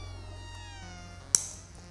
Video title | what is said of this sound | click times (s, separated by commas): À quoi servent les rondelles de retenue TurnLock Quart de tour | Et dès qu'on entend le clic, la rondelle est bien installée. | 1.4 s